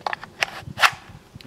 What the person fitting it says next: You can hear that pop into place.